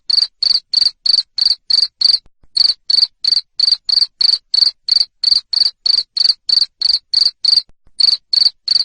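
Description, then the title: Cricket giving loud, evenly spaced chirps, roughly three per second, high and insect-like, broken by a couple of short gaps; nothing else audible. Loud cricket chirping used to stimulate lovebirds to keep singing. "Suara JANGKRIK NGERIK Keras Bikin LOVEBIRD Jadi NGEKEK Terus Vubey"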